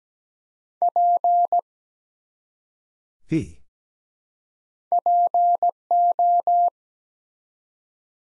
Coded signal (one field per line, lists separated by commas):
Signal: Morse code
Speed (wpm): 17 wpm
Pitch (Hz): 700 Hz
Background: none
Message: P PO